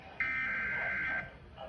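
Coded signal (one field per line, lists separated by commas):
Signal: Emergency Alert System (SAME) tones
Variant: header bursts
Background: speech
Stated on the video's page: EAS tones caught live on a TV station broadcast.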